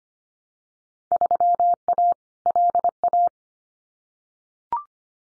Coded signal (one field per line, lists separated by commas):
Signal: Morse code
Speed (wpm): 25 wpm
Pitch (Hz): 700 Hz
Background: none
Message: 3A LA